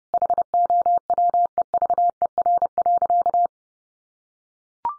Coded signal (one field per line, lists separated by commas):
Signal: Morse code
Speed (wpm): 30 wpm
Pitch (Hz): 700 Hz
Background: none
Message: HOWEVER.